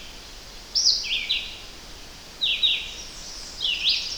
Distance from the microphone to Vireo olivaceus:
about 10 m